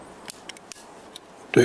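A plastic panel on a Bowutang Tianyi Shanshi 96B transforming mecha toy is pressed against the toy's plastic body to clip it shut. Light plastic ticks are heard around 0.3, 0.5, 0.6, 0.7 and 1.2 seconds, and someone starts talking near the end. Nothing has seated or clicked into place yet.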